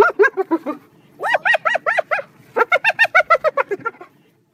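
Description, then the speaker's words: Spotted hyena giggling: three bouts of rapid, evenly spaced harmonic notes, the last bout dropping in pitch and fading. Laughing sound, one of about a dozen vocalizations, most often given after being attacked or while chased by another hyena. "Spotted hyenas make about a dozen different vocalizations and are most likely to make that laughing sound after being attacked or when they're being chased by another hyena."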